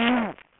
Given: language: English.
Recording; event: throat vibration sensor signal played as sound; throat clearing